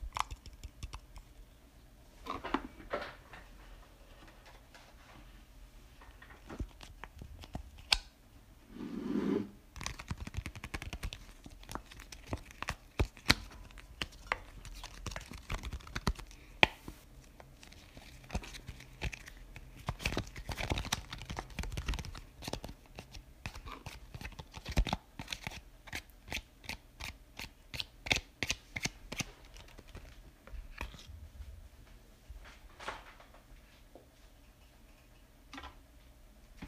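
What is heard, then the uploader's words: Tapping on lots of different objects, sharp clicks and knocks coming in uneven bursts throughout. Around 9 seconds there is a short low thud, and from about 25 to 30 seconds the taps turn quick and regular, like rapid fingernail drumming. Tapping lots of stuff.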